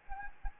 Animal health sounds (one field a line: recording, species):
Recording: mosquito wingbeat signal from an infrared sensor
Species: Anopheles gambiae